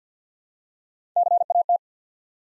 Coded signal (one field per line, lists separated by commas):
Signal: Morse code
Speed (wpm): 49 wpm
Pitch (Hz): 700 Hz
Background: none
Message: C A T